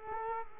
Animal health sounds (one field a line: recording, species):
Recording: mosquito wingbeat signal from an infrared sensor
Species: Culex quinquefasciatus